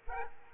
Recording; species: mosquito wingbeat signal from an infrared sensor; Aedes aegypti